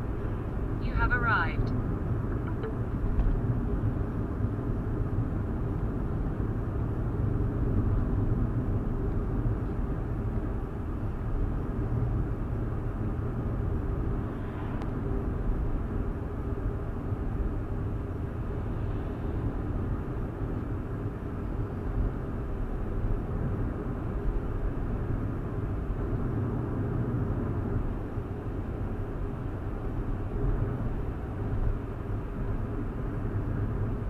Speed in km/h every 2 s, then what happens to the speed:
68, 64, 63, 63, 63, 63, 63, 64, 64, 64, 66, 66, 69, 71, 72, 74, 71.
0-22 steady at about 64. 22-29 speeds up to 74.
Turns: none.